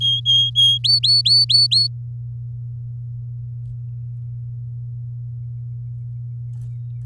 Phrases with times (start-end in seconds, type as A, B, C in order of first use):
0.00-0.78 A, 0.84-1.87 B